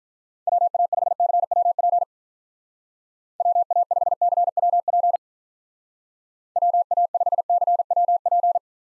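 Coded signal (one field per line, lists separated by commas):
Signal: Morse code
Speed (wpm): 43 wpm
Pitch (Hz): 700 Hz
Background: none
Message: WA5CWP WA5CWP WA5CWP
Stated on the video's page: USA call sign drill in speed-racing format, starting at 35 wpm and slowing to a base speed, with a final repeat at maximum speed.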